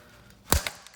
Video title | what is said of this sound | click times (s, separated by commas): Easiest way to remove OEM H Emblem and Install JDM style Emblem | closer and closer to the little fittings until you kind of hear it pop off just like | 0.5 s